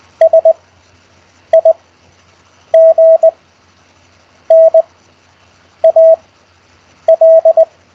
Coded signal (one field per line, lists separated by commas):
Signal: Morse code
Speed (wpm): 20 wpm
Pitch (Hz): 650 Hz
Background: none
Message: SIGNAL